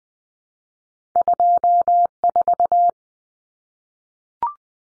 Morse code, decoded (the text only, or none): 24